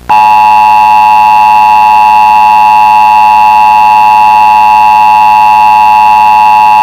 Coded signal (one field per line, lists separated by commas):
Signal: Emergency Alert System (SAME) tones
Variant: 853 and 960 Hz attention tone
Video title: EAS Scenario:2000 Utah Derocho